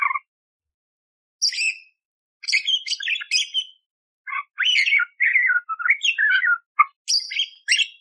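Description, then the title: Budgerigar warbling chatter: bursts of buzzy, scratchy notes that run together into a busy, jumbled stream, with short gaps between phrases. Lively, clear budgerigar song used to tutor songbirds, full of rough 'tembakan' shot-style phrases, suited for magpie-robins. "Masteran Burung Parkit Gacor Jernih Isian Tembakan Kasar Cocok Buat Kacer"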